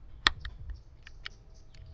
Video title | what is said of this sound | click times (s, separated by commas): Katana Carbnastics | Make sure it's clicked in place. And it is. | 0.3 s